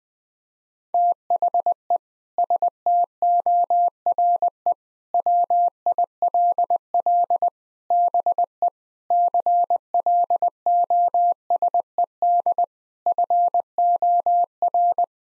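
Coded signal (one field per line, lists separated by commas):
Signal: Morse code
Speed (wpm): 21 wpm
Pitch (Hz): 700 Hz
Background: none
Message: THE STORE WILL BE CLOSED FOR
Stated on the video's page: Morse practice sentences with common six-word phrases at 20 wpm, each sent, then spoken, then sent again.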